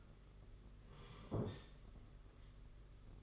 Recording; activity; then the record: daily activity, microphone in the room; sit down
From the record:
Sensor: 4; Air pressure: 992.5 hPa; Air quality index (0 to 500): 118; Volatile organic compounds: 27 ppm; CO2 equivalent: 2878 ppm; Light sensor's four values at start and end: 20/72/26/27 and 20/72/26/28